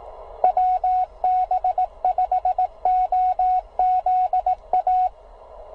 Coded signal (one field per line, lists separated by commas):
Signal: Morse code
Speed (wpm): 16 wpm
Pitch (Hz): 740 Hz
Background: radio noise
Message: WB5OZA